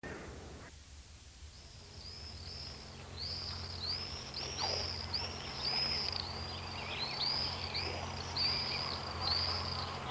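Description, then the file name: Common swift calls begin after a brief quiet start, then shrill, piercing screeches follow in quick overlapping runs from several birds above a low steady hum. "striz chern"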